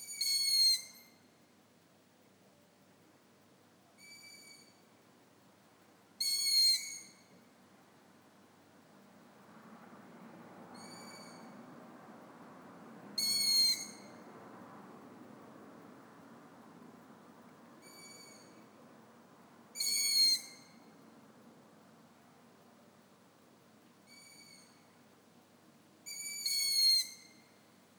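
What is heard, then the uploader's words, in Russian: A long-eared owl gives short, high, squeaky calls, a loud one roughly every six to seven seconds with fainter answering squeaks in between. A low, steady rumble runs underneath, swelling slightly in the middle of the clip. Ушастая Сова at Дніпрорудне. Вот такие совы каждый вечер мне пилят мозг. Самки издают писк.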